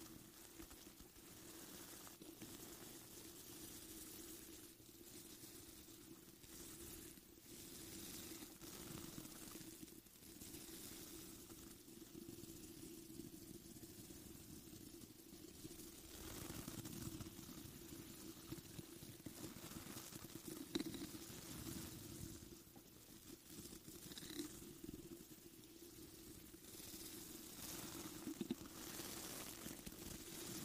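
Scratching and brushing on a foam mic cover, a continuous rough rustle with a dull, engine-like rumble underneath. Sharper scrapes break through irregularly every second or two, louder toward the end. No voices are heard.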